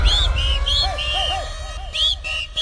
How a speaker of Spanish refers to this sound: Todo el mundo chiflando.